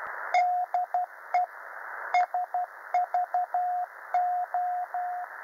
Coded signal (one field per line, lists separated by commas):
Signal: Morse code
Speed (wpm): 12 wpm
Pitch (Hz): 720 Hz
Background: radio noise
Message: DE SVO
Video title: SVO Beacon Griechenland 08. September 2016 17:00 UTC